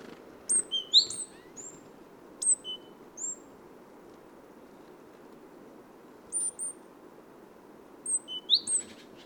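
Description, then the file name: Great tit giving clusters of sharp high sliding notes, separated by several seconds of quiet, with a faint steady background hiss. "Parus major"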